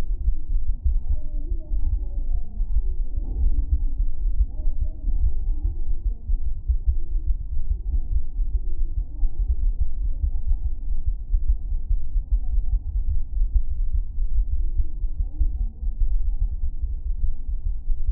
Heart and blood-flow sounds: fetal heart sounds by stethoscope on the mother's abdomen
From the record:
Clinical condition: thrombocytopenia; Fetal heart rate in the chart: 135 bpm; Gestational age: 35 weeks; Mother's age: 24 years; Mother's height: 153 cm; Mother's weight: 62 kg

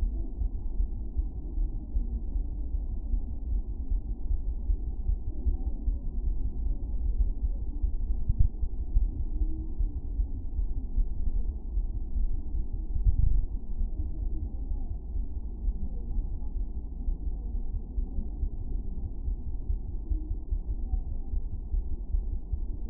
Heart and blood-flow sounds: fetal heart sounds by stethoscope on the mother's abdomen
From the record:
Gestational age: 39 weeks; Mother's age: 27 years

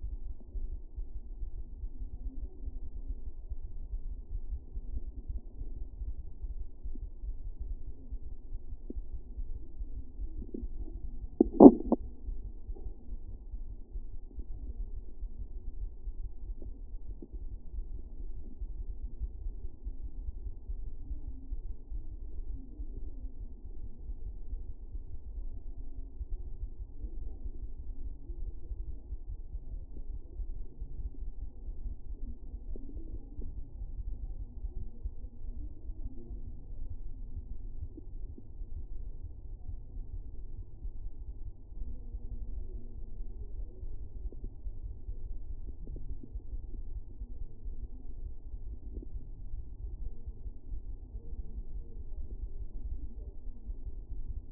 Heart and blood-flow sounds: fetal heart sounds by stethoscope on the mother's abdomen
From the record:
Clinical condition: for safety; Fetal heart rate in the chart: 140 bpm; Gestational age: 40 weeks

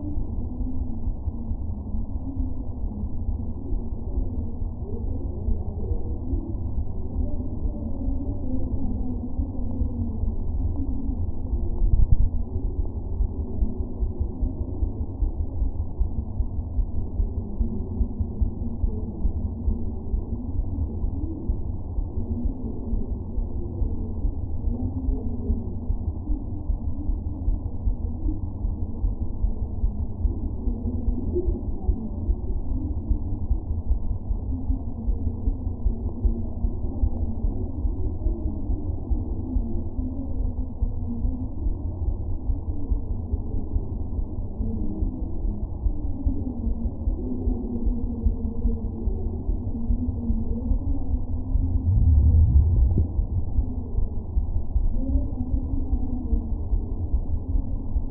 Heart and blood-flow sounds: fetal heart sounds by stethoscope on the mother's abdomen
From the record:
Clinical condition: abdominal pain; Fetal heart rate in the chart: 146 bpm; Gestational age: 39 weeks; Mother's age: 27 years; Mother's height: 144 cm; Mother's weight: 83 kg

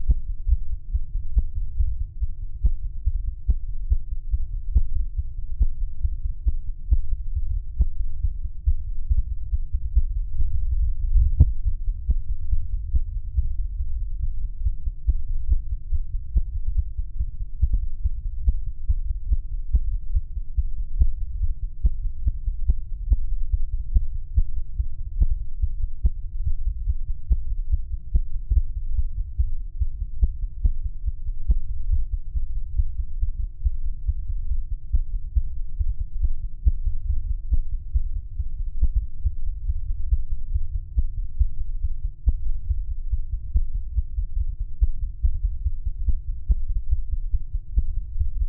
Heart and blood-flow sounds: fetal heart sounds by stethoscope on the mother's abdomen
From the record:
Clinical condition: bleeding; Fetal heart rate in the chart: 148 bpm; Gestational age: 34 weeks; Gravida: 3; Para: 1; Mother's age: 23 years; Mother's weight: 49 kg

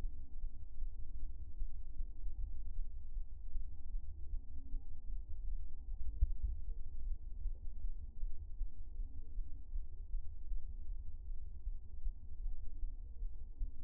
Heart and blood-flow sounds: fetal heart sounds by stethoscope on the mother's abdomen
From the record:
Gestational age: 39 weeks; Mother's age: 30 years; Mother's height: 150 cm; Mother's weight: 55 kg

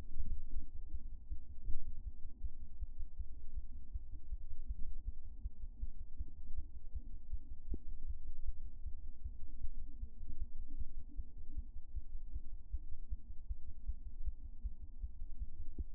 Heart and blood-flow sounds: fetal heart sounds by stethoscope on the mother's abdomen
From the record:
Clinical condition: term gestation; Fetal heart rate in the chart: 156 bpm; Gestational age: 40 weeks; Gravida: 2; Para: 1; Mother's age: 27 years

